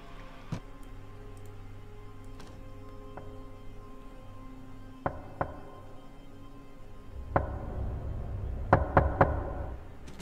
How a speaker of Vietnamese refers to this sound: Cho đến khi tiếng bước chân dừng lại trước cửa phòng anh Tân. Sau đó là vang lên tiếng gõ cửa rất nhẹ.